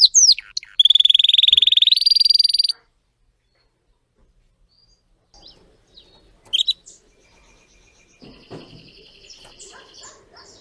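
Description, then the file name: Canary (Spanish Timbrado): canary song: a bright, rapid rolling trill held for about two seconds, with a few sharp notes before it, then near silence with faint, scattered chirps and a buzzy trill at the end. Song of a Spanish Timbrado canary, called 'canário belga' in the Portuguese source. "canto do canario belga timbrado espanhol"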